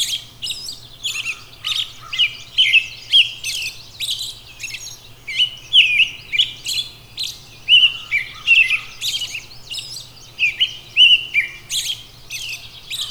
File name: Robin